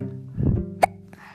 Baby hiccups. Getting a little frustrated right now. She's got the hiccups. She is now 5 months old.